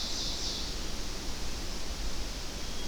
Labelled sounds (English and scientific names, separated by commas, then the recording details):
Ovenbird (Seiurus aurocapilla) song
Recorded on 25 June 2016 at 07:54
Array SBT-6-76